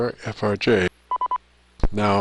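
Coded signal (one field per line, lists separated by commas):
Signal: none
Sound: repeater courtesy beep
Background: speech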